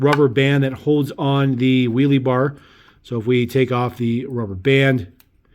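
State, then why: Not seated. A plastic wheelie bar held by a rubber band on a die-cast toy drag bike is handled while someone talks. The bar with its small pins has not yet snapped into its pin mounts; nothing has seated or clicked yet.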